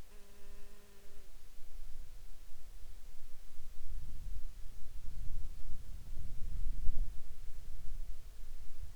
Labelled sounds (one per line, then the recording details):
wind
insects
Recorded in Ivvavik National Park, Yukon, on 19 June 2019 at 13:10
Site SINP10